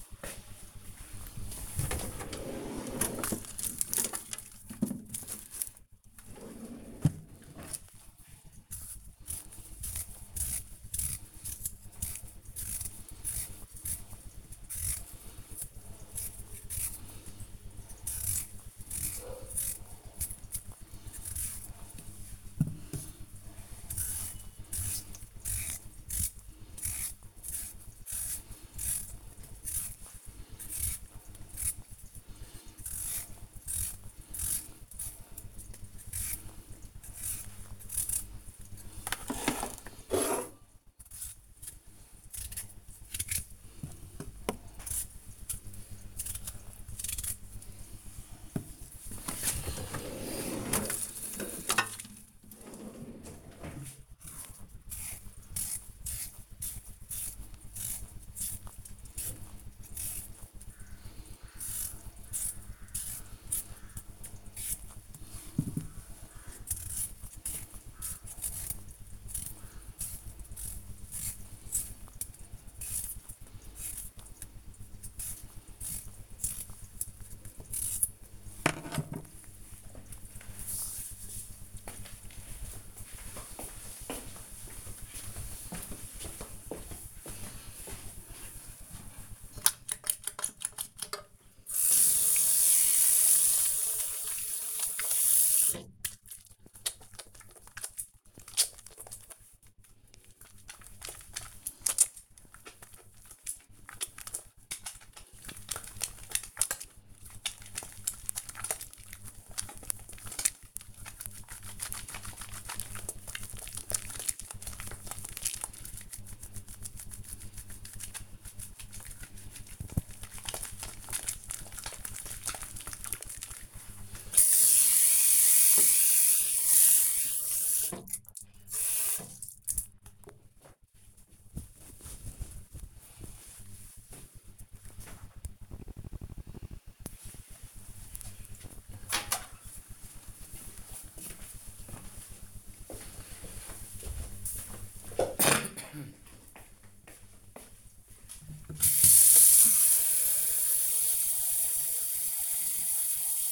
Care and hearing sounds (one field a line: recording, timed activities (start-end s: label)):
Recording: household activities, microphone on the right wrist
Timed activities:
7.88-79.45 s: cutting vegetables
88.51-129.82 s: washing hands
147.94-153.52 s: watering plant